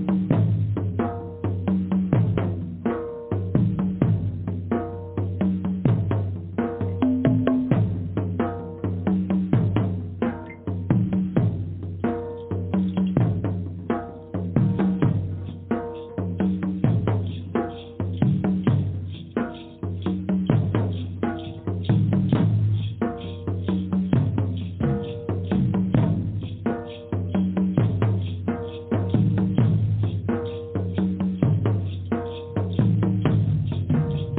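Steady, dense drumming with fast regular hits and deep low thuds, continuing evenly throughout without pauses, bright content cut off above the middle.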